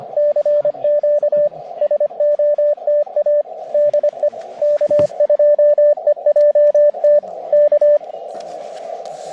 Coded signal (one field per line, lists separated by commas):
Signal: Morse code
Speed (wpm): 25 wpm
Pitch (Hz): 590 Hz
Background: radio noise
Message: CQ SOTA DE K2EJT K